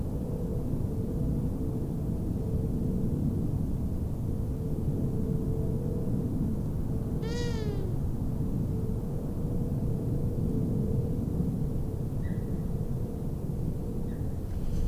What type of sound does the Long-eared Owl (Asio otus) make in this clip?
call